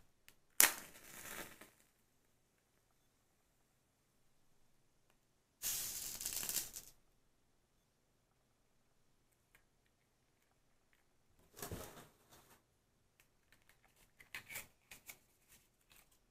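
A match is struck with a sharp scrape near the start, flaring into a brief hiss, and a louder, brighter rush of flame or breath comes around six seconds. Later, a softer scrape and scattered small clicks and taps close the recording.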